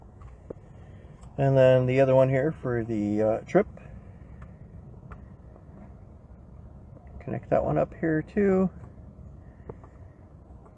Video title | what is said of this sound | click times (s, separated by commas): BMW 2003 325i e46 clock setting repair Part 2 | And I do feel it clicking as well. | 9.7 s